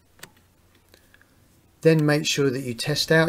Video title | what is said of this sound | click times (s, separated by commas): How to remove Headlight Switch on a Skoda no Tools needed | just click it back to the left to the zero and that is now locked into position | 0.2 s